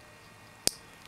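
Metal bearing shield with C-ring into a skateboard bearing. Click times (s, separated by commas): 0.7 s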